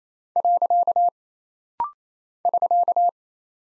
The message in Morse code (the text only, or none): . <SK>